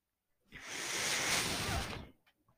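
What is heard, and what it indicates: One soft, airy whoosh lasting about one and a half seconds: a person's own home mechanical ventilator delivering a breath.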